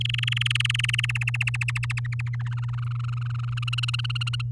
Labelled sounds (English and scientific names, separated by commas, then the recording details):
Domestic Canary (Serinus canaria) song
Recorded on 9 May 2018 at 06:03
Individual llb16